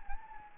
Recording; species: mosquito wingbeat signal from an infrared sensor; Anopheles gambiae